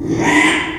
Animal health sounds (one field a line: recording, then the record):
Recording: squeal of a Yucatan mini pig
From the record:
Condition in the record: after surgery on the right vocal fold (resection and tissue-engineered implant)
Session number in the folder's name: 3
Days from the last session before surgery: 33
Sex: male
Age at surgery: 12 weeks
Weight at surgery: 13 kg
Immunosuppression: cyclosporine, prednisolone